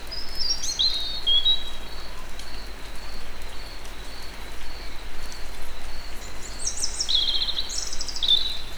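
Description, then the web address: European robin singing thin, high, wavering whistled phrases at the start and a twittery burst near the end, with a regular series of high notes in the background. Recorded in nature at Egerturistaház. "allathangok termeszetben vorosbegy vorosbegy egerturistahaz"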